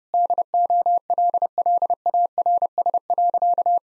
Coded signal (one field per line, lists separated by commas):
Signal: Morse code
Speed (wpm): 32 wpm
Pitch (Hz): 700 Hz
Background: none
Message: DOLLARS.